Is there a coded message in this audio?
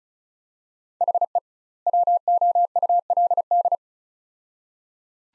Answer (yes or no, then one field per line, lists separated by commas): yes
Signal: Morse code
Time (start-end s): 1.0-3.8 s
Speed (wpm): 34 wpm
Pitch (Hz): 700 Hz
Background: none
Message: HE WOULD